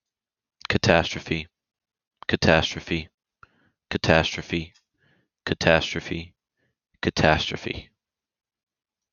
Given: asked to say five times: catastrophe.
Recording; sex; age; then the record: repeated word; male; 20 to 29 years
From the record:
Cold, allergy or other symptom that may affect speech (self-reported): no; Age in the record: 24 years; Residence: Florida, United States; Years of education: 14